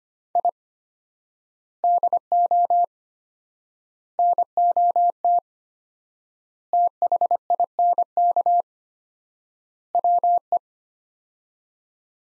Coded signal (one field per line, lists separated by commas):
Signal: Morse code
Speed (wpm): 25 wpm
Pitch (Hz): 700 Hz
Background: none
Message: I DO NOT THINK WE